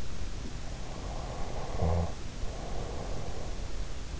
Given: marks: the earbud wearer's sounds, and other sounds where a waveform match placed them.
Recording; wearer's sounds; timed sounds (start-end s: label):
sounds in sleep by an in-ear microphone; snoring breath
0.95-3.92 s: snoring breath